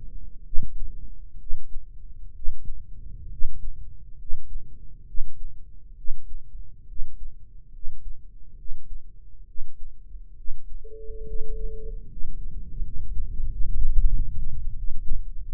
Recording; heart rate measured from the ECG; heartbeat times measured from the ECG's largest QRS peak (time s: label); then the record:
heart sounds by microphone in the right ear; 72 bpm
0.44 s: heartbeat
1.38 s: heartbeat
2.33 s: heartbeat
3.29 s: heartbeat
4.17 s: heartbeat
5.05 s: heartbeat
5.95 s: heartbeat
6.86 s: heartbeat
7.71 s: heartbeat
8.56 s: heartbeat
9.46 s: heartbeat
10.35 s: heartbeat
11.24 s: heartbeat
12.07 s: heartbeat
12.81 s: heartbeat
13.47 s: heartbeat
14.09 s: heartbeat
14.75 s: heartbeat
15.42 s: heartbeat
From the record:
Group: healthy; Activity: rest 0-10 s, breath hold 10-16 s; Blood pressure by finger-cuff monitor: 115/72 mmHg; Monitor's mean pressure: 84 mmHg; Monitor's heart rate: 67 bpm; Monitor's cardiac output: 5.5 L/min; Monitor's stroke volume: 81 mL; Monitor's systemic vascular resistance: 1110 dyn s/cm5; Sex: male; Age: 21 years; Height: 170 cm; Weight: 71 kg